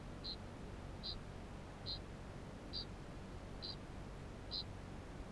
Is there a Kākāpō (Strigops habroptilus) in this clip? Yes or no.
yes